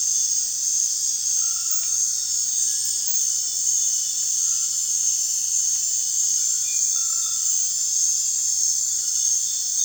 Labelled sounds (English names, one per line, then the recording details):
none
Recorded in dense forest near Puerto Asís, Putumayo, Colombia, on 25 June 2025 at 19:30
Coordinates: 0.468, -76.322
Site GP03